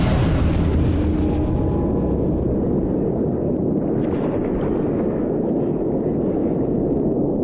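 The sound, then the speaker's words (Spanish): A heavy explosion jolts the deep-sea bathyscaphe carrying Walls and Picard, its two crew members, down into the ocean trench under strong water pressure; the burst gives way to a loud, unbroken low rumble and roar that fills the whole stretch without easing, with no voices. “De repente, una explosión sacude la nave. El ruido sobresalta a los dos tripulantes.”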